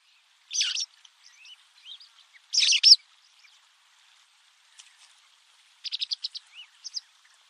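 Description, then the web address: Bird calls: short bright chirps in scattered bursts, two louder buzzy bursts early, then a quick run of clipped repeated notes near the end. "Bird Only"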